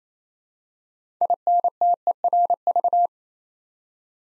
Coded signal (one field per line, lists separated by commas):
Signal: Morse code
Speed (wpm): 28 wpm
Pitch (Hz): 700 Hz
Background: none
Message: INTERV